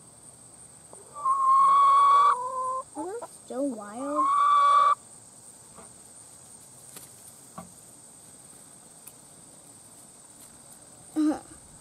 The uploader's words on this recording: Chickens vs Tomato Worms. Took this a few years ago, chickens are at my neighbors, worms came off my tomato plants.